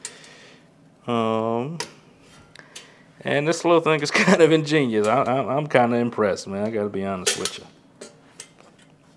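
A rotisserie support piece for a ROTO-Q 360 rotisserie is handled at its frame mount, with a few light metallic taps and clicks around 0.1 s, 2.6–2.8 s and 8.4–8.6 s while someone talks. Nothing has seated or clicked into place yet.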